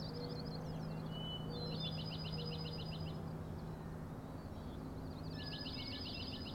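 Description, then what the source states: Common nighthawk rattles: bursts of quick stuttering pulses with scattered short whistles, over a low steady hum. Three birds giving rattling noises at 4am on 16 June 2017, Schoodic Head overlook, Acadia National Park, Winter Harbor, Maine; flying closely following each other, passing near the recordist.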